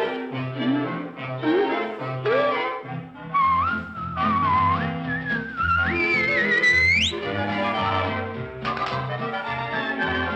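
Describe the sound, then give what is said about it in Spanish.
A bright, melodic whistle plays over steady instrumental music, gliding through a wavering tune before sweeping sharply upward to a high note, then the music carries on alone. “Si te estás portando bien y sientes resbalar, dame un silbidito, dame un silbidito.”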